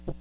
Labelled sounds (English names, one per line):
Hooded Warbler flight call